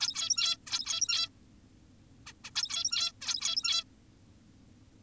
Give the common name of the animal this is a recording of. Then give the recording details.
Zebra Finch. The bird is an adult. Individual g17y2U